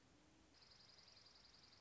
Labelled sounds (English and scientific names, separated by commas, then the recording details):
Dark-eyed Junco (Junco hyemalis)
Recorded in Sonoma County, California